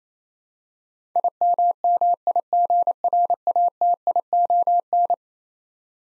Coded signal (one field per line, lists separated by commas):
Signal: Morse code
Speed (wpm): 28 wpm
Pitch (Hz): 700 Hz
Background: none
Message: IMMIGRATION